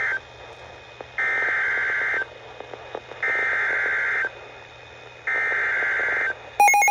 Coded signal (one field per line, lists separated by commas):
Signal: Emergency Alert System (SAME) tones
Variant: header bursts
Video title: EAS #2572-2573 DOUBLE HEADER Severe Thunderstorm Warning on KXI41